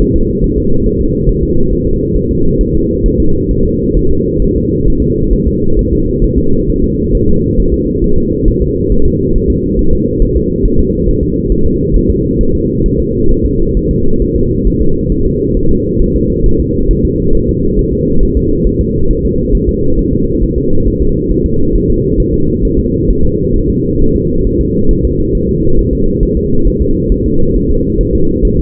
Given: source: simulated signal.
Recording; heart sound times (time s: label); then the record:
fetal heart sounds
0.02 s: S1
0.16 s: S2
0.44 s: S1
0.58 s: S2
0.86 s: S1
1.01 s: S2
1.29 s: S1
1.43 s: S2
1.73 s: S1
1.87 s: S2
2.16 s: S1
2.31 s: S2
2.61 s: S1
2.75 s: S2
3.06 s: S1
3.20 s: S2
3.51 s: S1
3.65 s: S2
3.97 s: S1
4.11 s: S2
4.42 s: S1
4.56 s: S2
4.88 s: S1
5.02 s: S2
5.33 s: S1
5.47 s: S2
5.79 s: S1
5.93 s: S2
6.24 s: S1
6.38 s: S2
6.70 s: S1
6.84 s: S2
7.15 s: S1
7.29 s: S2
7.59 s: S1
7.74 s: S2
8.04 s: S1
8.18 s: S2
8.48 s: S1
8.62 s: S2
8.92 s: S1
9.06 s: S2
9.36 s: S1
9.50 s: S2
9.79 s: S1
9.93 s: S2
10.22 s: S1
10.36 s: S2
10.65 s: S1
10.80 s: S2
11.09 s: S1
11.23 s: S2
11.52 s: S1
11.66 s: S2
11.96 s: S1
12.10 s: S2
12.41 s: S1
12.55 s: S2
12.86 s: S1
13.00 s: S2
13.31 s: S1
13.46 s: S2
13.77 s: S1
13.91 s: S2
14.22 s: S1
14.36 s: S2
14.67 s: S1
14.81 s: S2
15.12 s: S1
15.26 s: S2
15.57 s: S1
15.71 s: S2
16.01 s: S1
16.16 s: S2
16.46 s: S1
16.60 s: S2
16.91 s: S1
17.05 s: S2
17.35 s: S1
17.49 s: S2
17.79 s: S1
17.93 s: S2
18.23 s: S1
18.37 s: S2
18.67 s: S1
18.81 s: S2
19.11 s: S1
19.25 s: S2
19.55 s: S1
19.69 s: S2
19.99 s: S1
20.13 s: S2
20.43 s: S1
20.58 s: S2
20.88 s: S1
21.02 s: S2
21.31 s: S1
21.46 s: S2
21.76 s: S1
21.90 s: S2
22.20 s: S1
22.34 s: S2
22.65 s: S1
22.79 s: S2
23.10 s: S1
23.25 s: S2
23.56 s: S1
23.70 s: S2
24.02 s: S1
24.16 s: S2
24.47 s: S1
24.61 s: S2
24.91 s: S1
25.05 s: S2
25.35 s: S1
25.49 s: S2
25.79 s: S1
25.93 s: S2
26.23 s: S1
26.37 s: S2
26.67 s: S1
26.82 s: S2
27.12 s: S1
27.26 s: S2
27.56 s: S1
27.70 s: S2
28.01 s: S1
28.15 s: S2
28.45 s: S1
28.59 s: S2
From the record:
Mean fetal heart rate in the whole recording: 135 bpm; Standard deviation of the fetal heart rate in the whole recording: 3 bpm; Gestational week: 36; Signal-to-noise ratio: -17.7 dB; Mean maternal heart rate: 72 bpm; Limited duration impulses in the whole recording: present